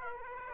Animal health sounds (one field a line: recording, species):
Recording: mosquito wingbeat signal from an infrared sensor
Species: Aedes aegypti